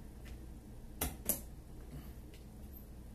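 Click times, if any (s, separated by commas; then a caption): 1.0 s, 1.3 s. After struggling and pushing hard, a DDR4 memory module is pressed into its motherboard DIMM slot. Two sharp snaps are heard at 1.0 s and 1.3 s as the retention clip latches, with a much fainter tick at 2.3 s. The RAM stick is seated.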